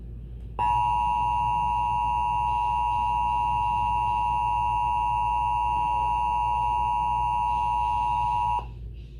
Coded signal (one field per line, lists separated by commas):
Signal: Emergency Alert System (SAME) tones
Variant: 853 and 960 Hz attention tone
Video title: Emergency Alert System - Required Monthly